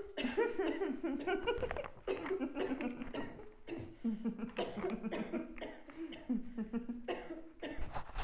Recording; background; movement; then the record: laughter; a bystander coughing; sitting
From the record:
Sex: female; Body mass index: 36.4 kg/m2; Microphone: on the chest, facing outward